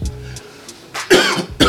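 An adult man gives two or three harsh, explosive coughs in quick succession after a quiet pause, a cough he attributes to smoking cannabis.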